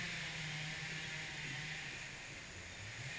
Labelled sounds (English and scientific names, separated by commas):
none